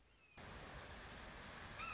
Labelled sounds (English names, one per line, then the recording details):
Red-shouldered Hawk
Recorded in Sonoma County, California